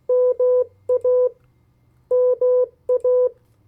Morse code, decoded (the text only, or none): MA MA